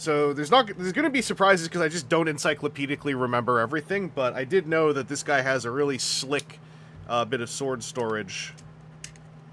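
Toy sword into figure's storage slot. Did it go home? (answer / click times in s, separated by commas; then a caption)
yes / 9.0 s. Someone talks for most of the clip while a plastic toy sword is pushed into its storage spot on a transforming robot figure. Near the end, a sharp click at 9.0 s marks the sword snapping into its storage slot, followed by a fainter tick at 9.2 s, and the sword is seated.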